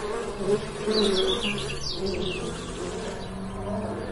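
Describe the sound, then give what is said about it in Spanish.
A dense, steady drone of many bees buzzing together around a hive on the ceiling of a cave, a low humming sound with shifting higher whines from individual insects darting about, continuous and agitated throughout. “No quiere emerger y romper esa perfección y ve un panal en el techo de la caverna que parece muy agitado por sus inquilinas y guardianas.”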